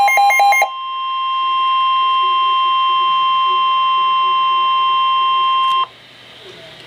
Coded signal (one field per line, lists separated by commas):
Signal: Emergency Alert System (SAME) tones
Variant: 1050 Hz attention tone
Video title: EAS Alert #33